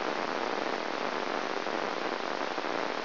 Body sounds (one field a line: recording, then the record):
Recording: brain microelectrode recording played as sound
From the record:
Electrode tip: outside the subthalamic nucleus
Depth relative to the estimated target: -6 mm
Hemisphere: left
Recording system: AlphaMap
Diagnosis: Parkinson's disease